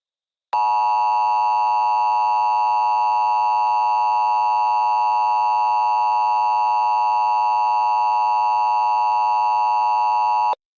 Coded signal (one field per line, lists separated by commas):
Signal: Emergency Alert System (SAME) tones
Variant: 853 and 960 Hz attention tone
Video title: (Part 2) EAS Short Scenario 59 - The Witch attacks New England